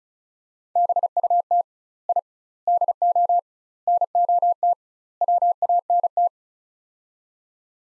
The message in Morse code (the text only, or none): BUT I DO NOT WANT